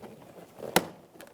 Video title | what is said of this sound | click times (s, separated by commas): How to Replace Front Exterior Door Handles 2000-2007 Ford Focus | it'll click into place | 0.8 s